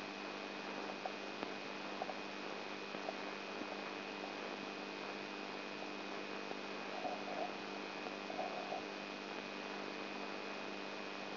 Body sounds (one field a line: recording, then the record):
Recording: brain microelectrode recording played as sound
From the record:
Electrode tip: outside the subthalamic nucleus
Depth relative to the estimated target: 4 mm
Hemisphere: right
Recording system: AlphaMap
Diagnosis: Parkinson's disease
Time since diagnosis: 12 years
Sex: female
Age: 59 years